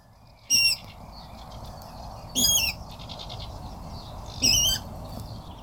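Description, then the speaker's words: Water Rail calls: three piercing, squealing bursts of stacked high notes, roughly two seconds apart, over a low steady rumble. Heard in reeds at Ryssbergen nature reserve, Nyköping; the bird stays hidden in the reeds and is usually only glimpsed. "vad är det här för ett ljud som vi hör här, Johan och Mimma? Det här är en vattenrall."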